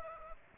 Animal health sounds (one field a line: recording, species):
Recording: mosquito wingbeat signal from an infrared sensor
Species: Aedes aegypti